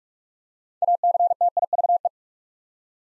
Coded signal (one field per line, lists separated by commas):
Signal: Morse code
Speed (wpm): 44 wpm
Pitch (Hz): 700 Hz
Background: none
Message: ACTIVE